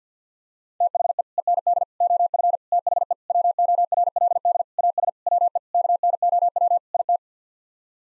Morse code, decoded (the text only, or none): THE END OF THE WORLD AS WE KNOW IT